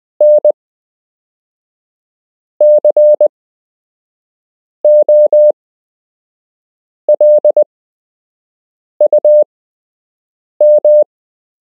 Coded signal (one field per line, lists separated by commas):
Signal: Morse code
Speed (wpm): 20 wpm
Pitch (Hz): 600 Hz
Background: none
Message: N COLUM